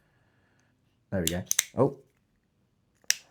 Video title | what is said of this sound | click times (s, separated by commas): FULL AUTO 2011?! - EMG x Salient Arms 4.3 DS GBB Pistol Review | okay. So, that's not really clicking into place fully. So, | 3.1 s